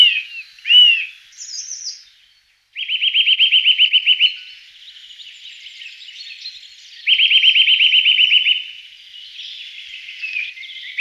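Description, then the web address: Eurasian nuthatch song: rapid trilled series of quick piping notes in two bursts about four seconds apart, with a few scattered chirps before the first burst. Recorded in 2004. "singvoegel. gesang. roche 2004 kleiber"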